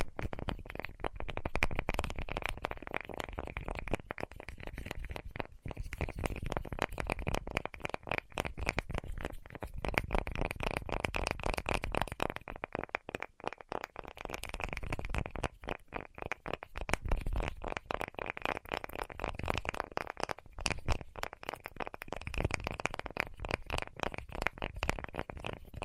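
Fast, dense tapping runs without pause for the whole stretch, the strikes packed into quick irregular clusters with brief near-gaps around 5, 13 and 15 seconds. The taps sound full and fairly low, with a crisp clicky edge, and no voice is heard.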